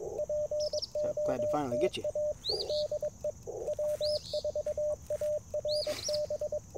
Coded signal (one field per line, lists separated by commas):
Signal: Morse code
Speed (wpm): 22 wpm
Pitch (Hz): 590 Hz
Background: speech, radio noise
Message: POTA DE W4ARB